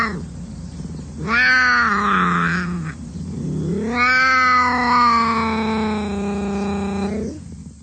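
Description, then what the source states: Ocelot giving two long, harmonic-rich wailing cries, the first short and bending downward, the second sustained for about three seconds before it fades. Wild cat.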